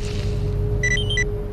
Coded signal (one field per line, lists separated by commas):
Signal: none